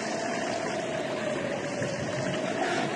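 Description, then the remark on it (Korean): Strong storm waves at sea churn around a fishing boat that is filling with water, in a continuous, loud roaring rush of water that never lets up, with a faint steady hum running underneath and no voices. “파도는 점점 더 강력해졌고 이제 죽는구나 하는 생각이 들었습니다.”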